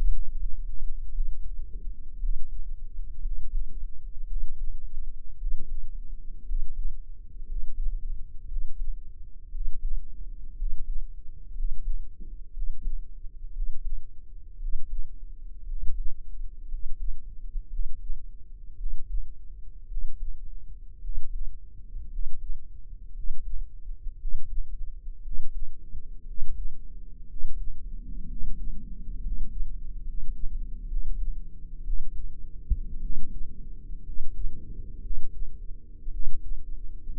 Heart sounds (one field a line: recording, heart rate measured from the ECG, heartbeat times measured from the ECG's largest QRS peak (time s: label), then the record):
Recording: heart sounds by microphone in the right ear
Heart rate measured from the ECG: 58 bpm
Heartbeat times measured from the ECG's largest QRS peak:
0.06 s: heartbeat
1.08 s: heartbeat
2.17 s: heartbeat
3.19 s: heartbeat
4.24 s: heartbeat
5.35 s: heartbeat
6.43 s: heartbeat
7.43 s: heartbeat
8.45 s: heartbeat
9.48 s: heartbeat
10.54 s: heartbeat
11.52 s: heartbeat
12.50 s: heartbeat
13.50 s: heartbeat
14.56 s: heartbeat
15.64 s: heartbeat
16.66 s: heartbeat
17.67 s: heartbeat
18.74 s: heartbeat
19.85 s: heartbeat
20.98 s: heartbeat
22.07 s: heartbeat
23.11 s: heartbeat
24.15 s: heartbeat
25.19 s: heartbeat
26.22 s: heartbeat
27.25 s: heartbeat
28.24 s: heartbeat
29.18 s: heartbeat
30.01 s: heartbeat
30.85 s: heartbeat
31.81 s: heartbeat
32.98 s: heartbeat
34.01 s: heartbeat
34.98 s: heartbeat
36.08 s: heartbeat
From the record:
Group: healthy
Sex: male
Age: 23 years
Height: 178 cm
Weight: 96.6 kg